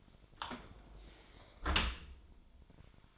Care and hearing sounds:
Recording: daily activity, microphone in the room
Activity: close dishwasher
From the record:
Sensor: 5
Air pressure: 1003.2 hPa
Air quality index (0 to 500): 128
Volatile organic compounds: 1 ppm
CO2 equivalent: 938 ppm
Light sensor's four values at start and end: 72/173/72/81 and 69/166/70/78

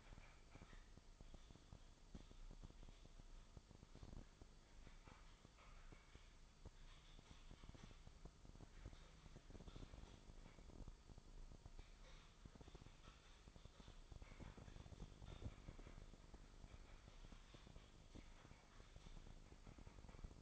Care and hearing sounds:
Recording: daily activity, microphone in the room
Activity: typing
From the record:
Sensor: 5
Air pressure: 995.4 hPa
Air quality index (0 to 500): 87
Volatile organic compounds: 4 ppm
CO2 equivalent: 1614 ppm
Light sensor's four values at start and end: 25/61/23/22 and 25/61/23/22

